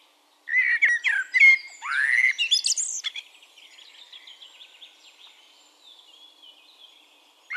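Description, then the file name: Common blackbird song: a rich run of fluted notes and a rising whistle, then a high scratchy twitter fading into faint background singing. "Turdus merula"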